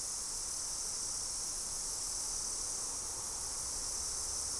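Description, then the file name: Insects buzzing in a steady, unbroken high-pitched drone that holds the same level throughout, with light low rumble underneath. "mainly insect"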